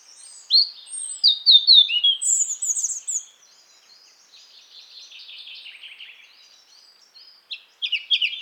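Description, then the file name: European robin singing bright, rapid, high twittering notes early on, fading into soft, scratchy warbling before a few sharp notes return at the end. "Erithacus rubecula"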